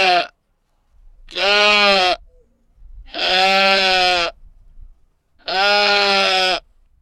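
Animal bleating: a clipped bleat at the start, then three long bleats, each about a second, spaced about a second apart.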